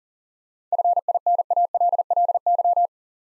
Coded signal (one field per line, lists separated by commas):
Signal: Morse code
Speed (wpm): 42 wpm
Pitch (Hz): 700 Hz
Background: none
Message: FINALLY